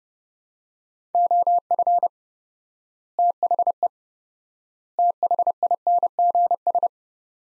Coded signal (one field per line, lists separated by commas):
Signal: Morse code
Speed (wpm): 30 wpm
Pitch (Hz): 700 Hz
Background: none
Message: OF THE THINGS